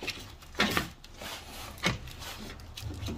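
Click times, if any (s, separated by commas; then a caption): none. A transmission cooler line quick-connect fitting is handled and pushed toward the radiator port of a 2011+ Chevy Cruze. Short scraping, knocking bursts come around 0.6–0.8 s and near 1.9 s, over low background noise. Nothing has seated or clicked yet.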